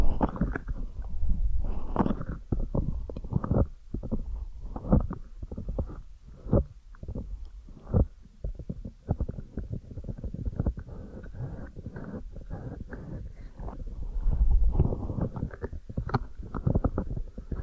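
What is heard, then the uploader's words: Deep ear massage sounds: muffled rubbing and pressing that stay low and dull, with little brightness above. Soft thumps and brushy strokes come in quick, irregular bursts throughout, with slightly louder pushes around two, eight and fourteen to fifteen seconds. ASMR Deep Ear Massage for Sleep(No Talking).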